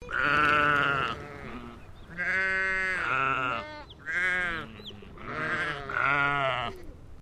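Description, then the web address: English Leicester sheep bleating: four drawn-out, wavering baas, each lasting roughly one to two seconds, with short pauses between them. English Leicester breed, baa. "Sound Effects-Foundation 1 ANIMAL SHEEP ENGLISH LEICESTER BAA"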